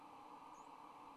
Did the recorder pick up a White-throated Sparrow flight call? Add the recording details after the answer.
no. Another species' flight call is heard. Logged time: 05:44 on 26 November 2014